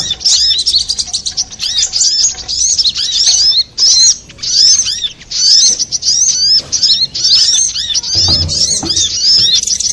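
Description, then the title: Little spiderhunter song of quick, high squeaky notes and whistled loops in choppy bursts, one soft low thud near the end. Master recording for training cage birds, labelled Labaik. "Masteran Burung Sogok Ontong Labaik"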